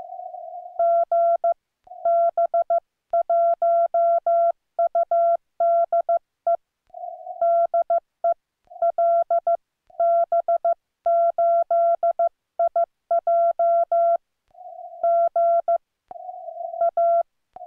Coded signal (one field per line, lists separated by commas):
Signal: Morse code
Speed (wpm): 15 wpm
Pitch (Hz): 1360 Hz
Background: none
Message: GB1UDE DE LB8IJ GA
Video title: QRS CW QSO in Heavy QSB - Tnx to GB1UDE